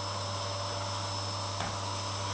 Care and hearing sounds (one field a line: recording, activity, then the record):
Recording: daily activity, microphone in the room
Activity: vacuum cleaning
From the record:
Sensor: 3